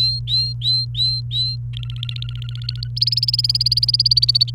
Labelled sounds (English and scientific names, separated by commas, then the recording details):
Domestic Canary (Serinus canaria) song
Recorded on 29 April 2018 at 15:40
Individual llb3